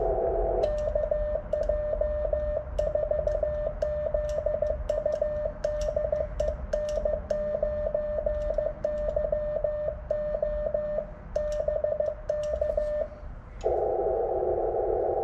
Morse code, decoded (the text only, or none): KJ4ZU DE N9YO BK